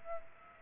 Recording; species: mosquito wingbeat signal from an infrared sensor; Aedes aegypti